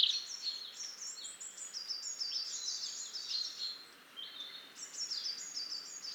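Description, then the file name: European robin song: sweet, high-pitched tumbling phrases, a short pause, then another run of thin warbled notes. "Erithacus rubecula"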